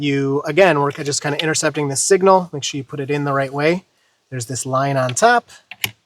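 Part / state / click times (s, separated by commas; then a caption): plastic wiring harness connector into car light connector / seated / 5.8 s. A plastic interceptor wiring harness plug is pushed, in the correct orientation, into a car's light connector while someone talks. A sharp click at 5.8 s marks the connector seating fully.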